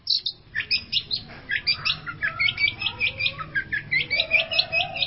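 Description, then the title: Long-tailed shrike song with fast runs of short chirped notes mixed with scratchy chatter. "Cendet Pentet"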